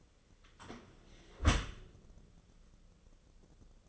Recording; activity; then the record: daily activity, microphone in the room; close dishwasher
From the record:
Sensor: 4